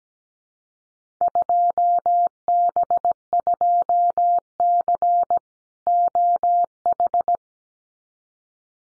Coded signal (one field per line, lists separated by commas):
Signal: Morse code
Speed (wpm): 17 wpm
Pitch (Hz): 700 Hz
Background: none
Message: 2B2C OH